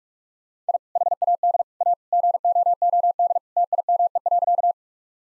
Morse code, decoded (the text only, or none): I HAD A GOOD TIME.